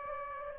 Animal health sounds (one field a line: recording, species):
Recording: mosquito wingbeat signal from an infrared sensor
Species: Anopheles gambiae